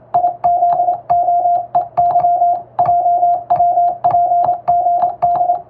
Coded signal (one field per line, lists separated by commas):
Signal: Morse code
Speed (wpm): 27 wpm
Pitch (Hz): 700 Hz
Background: music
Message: IZOEY JWPGD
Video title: 【符号が奏でるハーモニー・モールス符号】昔の通信！懐かしいモールス信号を打ってみました！欧文モールス符号を打ってます！YouTubeの速度を調整して聴いてみよう morse code practice